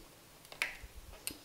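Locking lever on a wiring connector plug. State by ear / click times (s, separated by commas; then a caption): seated / 0.6 s. The locking lever on a wiring connector plug, fitted while installing a Weiser-Technik Wizard Module multifunction upgrade on a BMW R1250-GS/GSA, is pushed in with a screwdriver. After faint ticks around 0.5 s, a sharp click at 0.6 s marks the lever snapping back into its correct locked position, and a second sharp tick follows at 1.3 s. The lever is seated.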